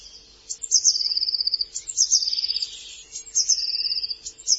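Bird calls: sharp high chirps leading into fast, slightly descending trilled runs, repeated three times over a few seconds, with a faint steady hum underneath.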